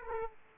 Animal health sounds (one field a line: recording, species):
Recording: mosquito wingbeat signal from an infrared sensor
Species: Aedes aegypti